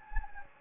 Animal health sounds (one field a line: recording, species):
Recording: mosquito wingbeat signal from an infrared sensor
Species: Anopheles gambiae